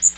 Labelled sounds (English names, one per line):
Magnolia Warbler flight call